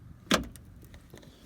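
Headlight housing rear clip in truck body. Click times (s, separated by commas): 0.3 s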